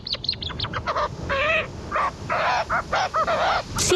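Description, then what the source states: Prion calls: a few quick high chirps, then rough, throaty, wavering cries in uneven bursts. Prions dig nest burrows, which gives them some protection from predators.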